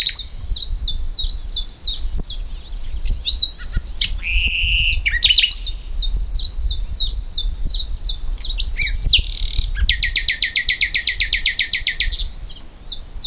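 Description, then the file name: Common nightingale song: long run of repeated descending whistles, a lower sustained note, then a loud rapid rattle of buzzy notes; faint low background rumble. "Luscinia megarhynchos"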